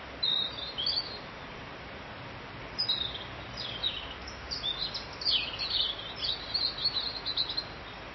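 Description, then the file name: Bird song starting with scattered high chirps, then building into a fast, continuous twittering run over constant background hiss. "Vogel"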